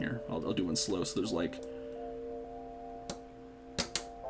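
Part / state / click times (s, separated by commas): mechanical key switch into keyboard plate / seated / 3.8 s, 4.0 s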